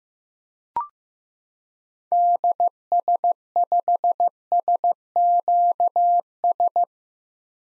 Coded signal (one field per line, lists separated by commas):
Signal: Morse code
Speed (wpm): 15 wpm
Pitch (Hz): 700 Hz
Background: none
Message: DS5SQS